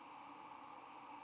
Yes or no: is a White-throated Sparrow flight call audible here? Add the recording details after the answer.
no. No flight call is heard. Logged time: 03:50 on 9 November 2014